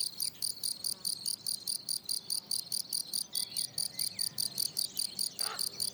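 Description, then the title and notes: Field cricket song: loud, evenly spaced shrill chirps, a little over two per second. Lone, fairly isolated individual singing rhythmically on plateau de Lesches en Diois, France, 27 June 2018, 10:00, already 23°C on a very hot day; recorded with Nagra Seven and MKH8040. "Observation sonore - Un grillon champêtre. 27 juin 2018, plateau de Lesches en Diois. grillons champêtres (Gryllus campestris)"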